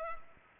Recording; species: mosquito wingbeat signal from an infrared sensor; Culex pipiens